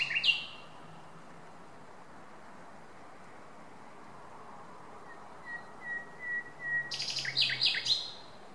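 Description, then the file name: Common nightingale song: a brief sharp note, a long pause, then soft slow whistles building into a loud burst of rapid, varied notes. "Luscinia megarhynchos"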